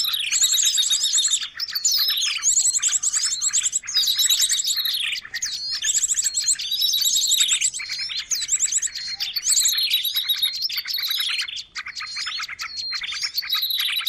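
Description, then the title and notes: Birds chirping and trilling nonstop in a crowded, high-pitched chorus, with repeated fast rattling phrases and looping whistled notes throughout. Long-duration noisy bird sounds used as a lure for catching birds; master training audio. "Master Burung Ribut Durasi Panjang. Burung Ribut Pikat"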